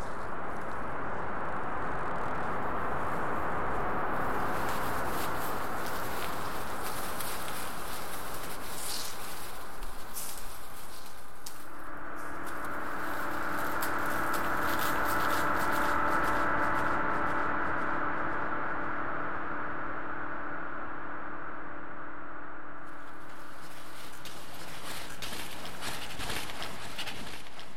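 A generative ambient piece built from grainy, crackling textures like rustled paper, crunching snow and pouring salt, layered over a dense hiss. Around twelve seconds a sustained low chord with bright shimmering tones enters and holds until about twenty-four seconds, when the crackle thickens again.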